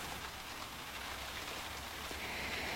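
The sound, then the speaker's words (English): Steady rain patters on a hard surface in a continuous, even hiss of dense drops, with no voices and no pauses throughout. “I've always been afraid of the rain.”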